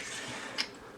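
The rear of a plastic track part is slid into the body of a combined transforming robot toy and fastened. A single short click is heard at 0.6 s, and the track part is seated.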